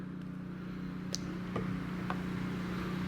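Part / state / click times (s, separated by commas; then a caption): tailgate assist mount into tailgate bracket / not seated / none. A tailgate assist mount on a 2018 Cummins is pushed through its mounting hole in the tailgate, aligned with the groove, over a steady low hum. Faint, brief knocks occur at about 1.2, 1.6 and 2.1 seconds. The mount fails to snap in, and nothing has seated or clicked.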